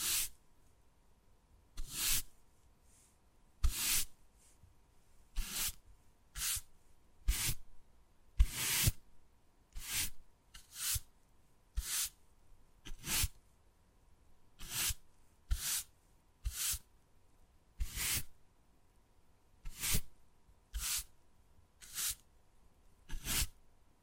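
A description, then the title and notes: Wood carving sounds: short, sharp scraping strokes on wood, each lasting under half a second. They come at a fairly regular pace, roughly one per second, with brief silent gaps between them. A faint steady hum sits underneath throughout. Wood Carving, Tapping and Scratching Sounds.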